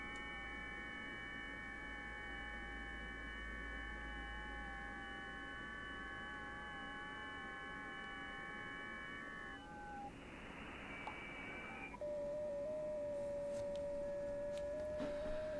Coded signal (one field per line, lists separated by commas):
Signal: FT8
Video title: SunSDR2 in the FT8 mode